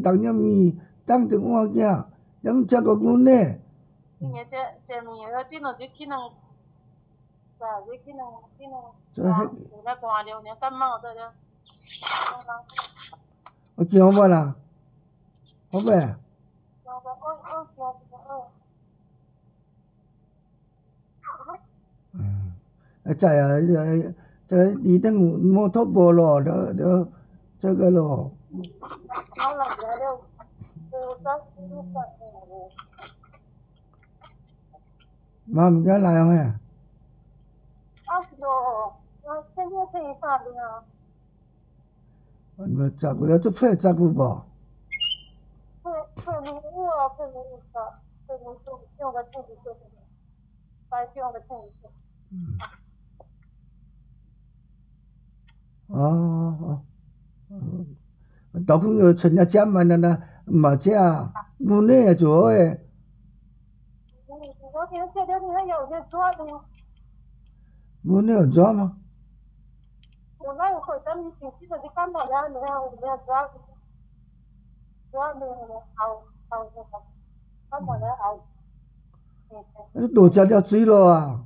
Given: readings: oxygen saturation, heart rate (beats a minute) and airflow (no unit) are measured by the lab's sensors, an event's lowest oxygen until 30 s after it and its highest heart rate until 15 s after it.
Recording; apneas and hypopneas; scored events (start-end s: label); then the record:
a person awake in a sleep study, by a smartphone at the bedside; none
0.00-81.46 s: awake
From the record:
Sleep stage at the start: awake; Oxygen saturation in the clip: 93 to 95%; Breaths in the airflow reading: 19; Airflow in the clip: -7.0 to 6.1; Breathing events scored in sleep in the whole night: 270 in 6.1 hours asleep